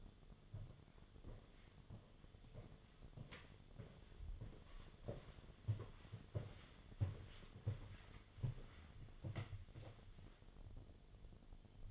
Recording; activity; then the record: daily activity, microphone in the room; walk to room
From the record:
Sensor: 4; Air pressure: 1011.0 hPa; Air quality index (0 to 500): 158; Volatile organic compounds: 4 ppm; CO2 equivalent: 1615 ppm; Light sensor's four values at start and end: 45/127/51/53 and 44/124/50/52